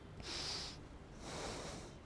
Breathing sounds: one breath in and out by a microphone near the nose and mouth; deep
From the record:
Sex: male

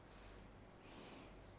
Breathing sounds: one breath in and out by a microphone near the nose and mouth; normal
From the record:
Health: marked as sick, illness not named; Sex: female

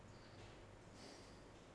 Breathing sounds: one breath in and out by a microphone near the nose and mouth; normal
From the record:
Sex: male

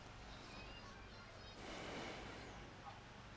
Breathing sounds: one breath in and out by a microphone near the nose and mouth; deep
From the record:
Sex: male

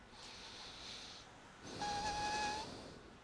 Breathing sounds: one breath in and out by a microphone near the nose and mouth; deep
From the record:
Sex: male

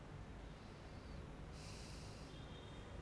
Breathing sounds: one breath in and out by a microphone near the nose and mouth; normal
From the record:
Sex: male

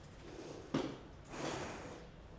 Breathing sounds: one breath in and out by a microphone near the nose and mouth; normal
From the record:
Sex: female

